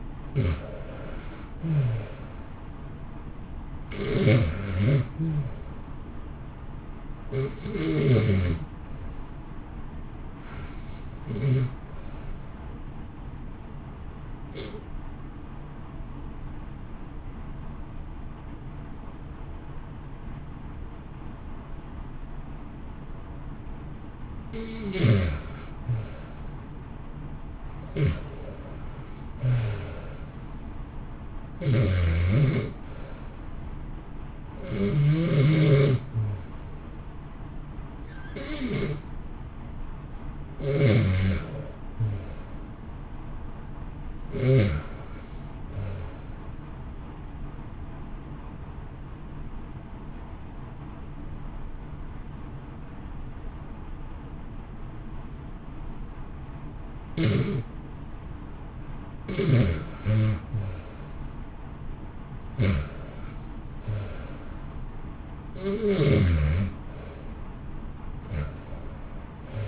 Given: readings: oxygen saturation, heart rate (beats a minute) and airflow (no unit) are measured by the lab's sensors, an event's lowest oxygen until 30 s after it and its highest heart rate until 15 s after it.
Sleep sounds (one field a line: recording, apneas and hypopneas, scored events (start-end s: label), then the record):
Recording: breathing in sleep by a smartphone at the bedside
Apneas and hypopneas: 2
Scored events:
9.00-24.60 s: hypopnea (REM, oxygen 95% highest, then 83% lowest, heart rate 62 at the start, 70 highest)
45.00-57.70 s: hypopnea (REM, oxygen 93% highest, then 88% lowest, heart rate 60 at the start, 66 highest)
From the record:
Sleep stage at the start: REM sleep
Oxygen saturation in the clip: 83 to 95%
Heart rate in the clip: 55 to 70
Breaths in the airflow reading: 19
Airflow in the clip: -1.2 to 2.0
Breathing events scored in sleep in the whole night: 328 in 6.3 hours asleep